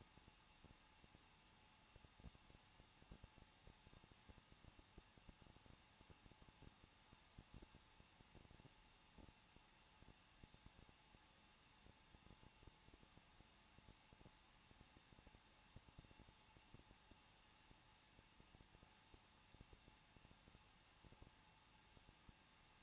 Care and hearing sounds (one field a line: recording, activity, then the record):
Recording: daily activity, microphone in the room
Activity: no activity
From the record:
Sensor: 1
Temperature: 20.1 degrees Celsius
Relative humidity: 39.1%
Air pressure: 1006.4 hPa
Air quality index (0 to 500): 216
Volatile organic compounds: 74 ppm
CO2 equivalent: 3555 ppm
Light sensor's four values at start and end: 1/2/1/1 and 1/2/1/1